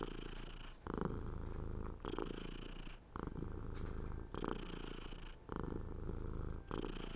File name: Cat purr